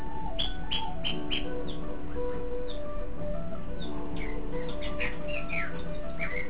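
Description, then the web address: Shama singing short whistled notes and slurs in two brief bursts, with a constant low droning hum beneath. Song labelled with the word meow. "shanlung song meow. shanlung shamasong"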